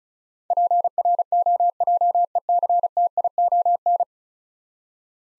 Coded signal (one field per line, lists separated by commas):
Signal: Morse code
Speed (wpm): 36 wpm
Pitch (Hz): 700 Hz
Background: none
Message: PROJECTION